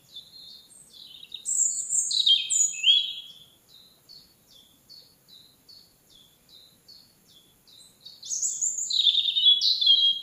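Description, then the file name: European robin song: loud, high, rippling phrases separated by a run of soft, rapid, repeated notes, then another bright warbled burst. "Erithacus rubecula"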